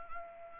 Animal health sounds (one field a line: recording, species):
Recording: mosquito wingbeat signal from an infrared sensor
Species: Anopheles arabiensis